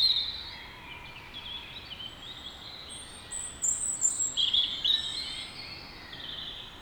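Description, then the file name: European robin delivering a thin, high, varied phrase of trills and squeaky notes midway through, preceded by faint quieter twitters, against a steady hiss. "Erithacus rubecula"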